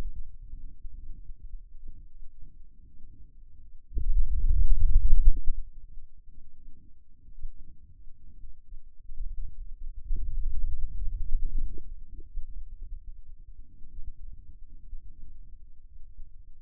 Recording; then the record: forearm muscle sounds (acoustic myography)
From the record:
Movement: finger pinch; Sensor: system 2, bracelet of six BSWA MPA416 microphones around the upper forearm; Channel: 3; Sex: male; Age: 22 years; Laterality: right